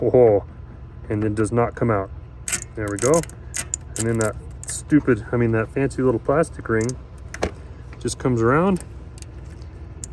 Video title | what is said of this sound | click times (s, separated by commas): How To Replace Chevy Silverado Radiator: Save $1000 and Do It Yourself! | and snaps into place | 10.0 s